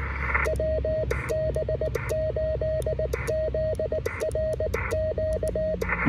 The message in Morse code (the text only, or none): WB8ZRQ